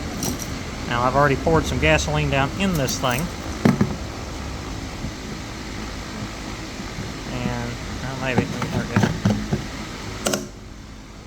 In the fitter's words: does have a little click just like a modern car gas fill